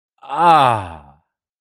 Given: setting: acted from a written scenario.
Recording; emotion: vocal sound without words; pain